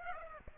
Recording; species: mosquito wingbeat signal from an infrared sensor; Aedes aegypti